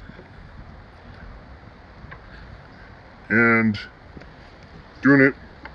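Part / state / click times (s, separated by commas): height adjustment lever into its notched setting on a lawn mower deck / not seated / none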